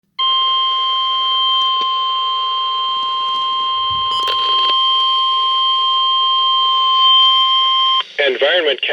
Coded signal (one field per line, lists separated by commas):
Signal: Emergency Alert System (SAME) tones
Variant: 1050 Hz attention tone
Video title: EAS #441 - 442 Severe Thunderstorm Warning